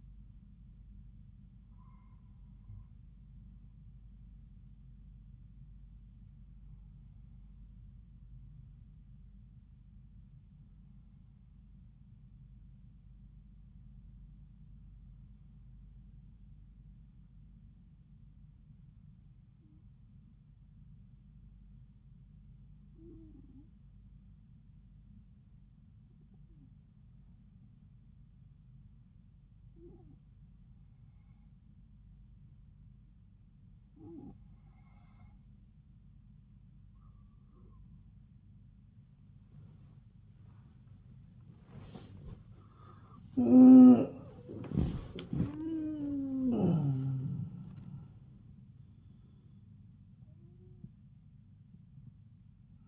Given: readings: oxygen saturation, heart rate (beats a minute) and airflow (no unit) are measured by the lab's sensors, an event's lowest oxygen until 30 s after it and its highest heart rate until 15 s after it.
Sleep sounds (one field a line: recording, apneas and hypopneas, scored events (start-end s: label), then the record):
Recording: breathing in sleep by a smartphone at the bedside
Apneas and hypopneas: 1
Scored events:
12.00-36.60 s: hypopnea (N2, oxygen 96% highest, then 92% lowest)
From the record:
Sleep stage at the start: N2 (light sleep)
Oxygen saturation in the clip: 90 to 96%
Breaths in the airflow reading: 11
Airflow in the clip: -8.9 to 9.2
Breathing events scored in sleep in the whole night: 270 in 6.1 hours asleep